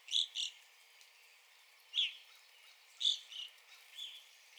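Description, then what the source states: Evening grosbeak call notes, loud ringing chirps, some in pairs, separated by short pauses, with a light hiss behind. Recorded 9 April 2021.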